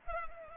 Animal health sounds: mosquito wingbeat signal from an infrared sensor; Culex pipiens

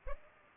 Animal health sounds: mosquito wingbeat signal from an infrared sensor; Culex pipiens

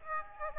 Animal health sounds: mosquito wingbeat signal from an infrared sensor; Aedes aegypti

